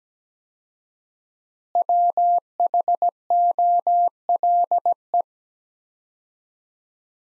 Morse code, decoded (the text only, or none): WHOLE